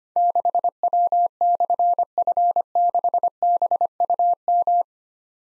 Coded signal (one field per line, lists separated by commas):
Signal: Morse code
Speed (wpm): 25 wpm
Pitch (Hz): 700 Hz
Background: none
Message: 6W/F6BUM